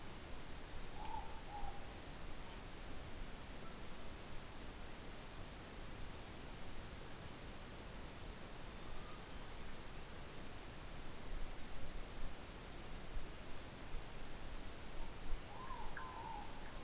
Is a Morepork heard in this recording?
yes